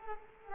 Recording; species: mosquito wingbeat signal from an infrared sensor; Culex quinquefasciatus